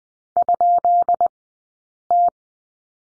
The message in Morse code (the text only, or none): ?T